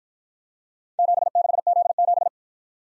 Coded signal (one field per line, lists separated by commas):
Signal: Morse code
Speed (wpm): 55 wpm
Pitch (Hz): 700 Hz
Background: none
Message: 76Z7